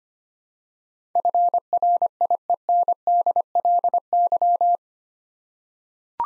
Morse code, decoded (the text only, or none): FRIENDLY